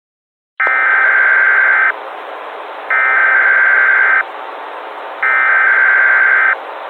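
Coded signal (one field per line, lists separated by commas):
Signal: Emergency Alert System (SAME) tones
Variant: header bursts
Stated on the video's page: Fictional horror scenario alert using valid EAS tones.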